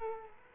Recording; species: mosquito wingbeat signal from an infrared sensor; Culex quinquefasciatus